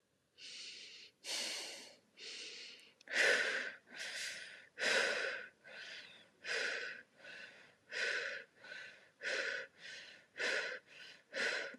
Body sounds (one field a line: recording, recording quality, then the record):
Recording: shallow breathing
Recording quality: excellent, no background noise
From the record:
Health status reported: healthy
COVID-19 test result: not tested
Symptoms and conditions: none ticked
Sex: female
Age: 37 years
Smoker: not ticked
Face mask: not worn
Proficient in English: yes